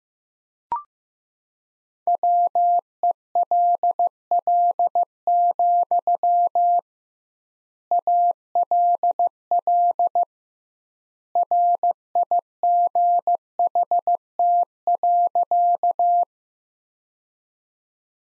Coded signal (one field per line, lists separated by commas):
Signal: Morse code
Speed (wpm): 15 wpm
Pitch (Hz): 700 Hz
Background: none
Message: WELL, ALL RIGHT.